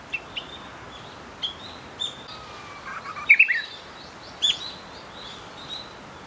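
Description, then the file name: Japanese bush warbler song with a faint drawn-out low whistle followed by a sharp, louder two-part flourish, over steady background hiss and scattered high bird chirps. "uguisu"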